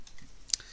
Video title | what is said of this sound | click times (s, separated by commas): Combiner Wars IDW G1 Megatron | they'll just click into place. | 0.5 s